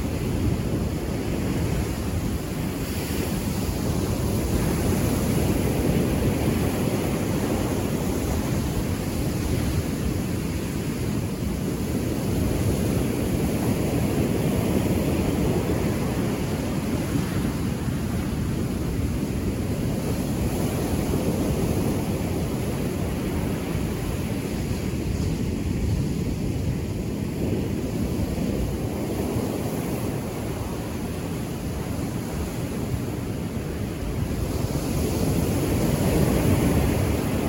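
Ocean waves crash and wash in a steady, deep rumble, swelling gently every few seconds, with faint wind noise on the microphone throughout.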